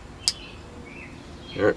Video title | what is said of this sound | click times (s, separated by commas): ATI Alpha15 T&E Part 3 - sighting in and changing sights back to OEM | and it locks in place that's what's nice it locks in place good you can hear that clip | 0.3 s